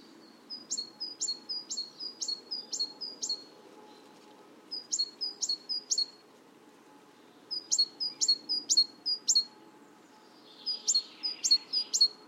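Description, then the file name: Great tit singing repeated high-low whistled couplets in four bouts of about three to six phrases each, roughly two per second, with brief silences between bouts. "Parus major"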